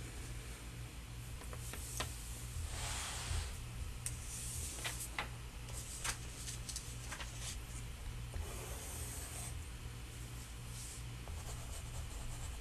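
Unintelligible whispering, soft breathy hissing that comes and goes in short airy bursts with brief sharp clicks and rustles scattered through. Underneath runs a steady low hum that pulses faintly, with level staying fairly even across the thirteen seconds.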